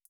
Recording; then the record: hydrophone in a shrimp aquaculture tank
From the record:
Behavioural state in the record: feeding